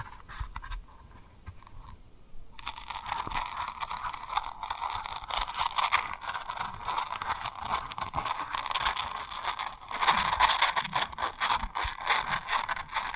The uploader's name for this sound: Tapping & Rubbing Rhinestone Lip Triggers